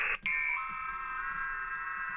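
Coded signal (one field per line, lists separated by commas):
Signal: FT8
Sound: brief hiss burst, then several overlapping steady warbling tones stepping slowly in pitch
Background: radio static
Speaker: Voilà, l'agréable doux du FT8.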